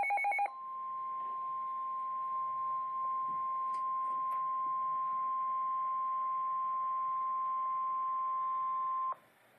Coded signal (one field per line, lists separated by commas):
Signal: Emergency Alert System (SAME) tones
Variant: 1050 Hz attention tone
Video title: EAS #11, TOR, 4/29/14